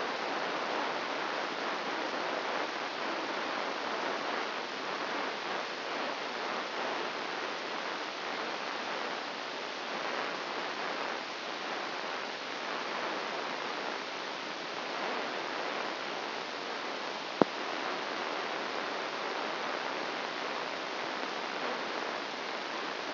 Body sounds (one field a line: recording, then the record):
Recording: brain microelectrode recording played as sound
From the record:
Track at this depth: inside the subthalamic nucleus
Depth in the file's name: 4.502 mm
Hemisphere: left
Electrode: 1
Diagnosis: Parkinson's disease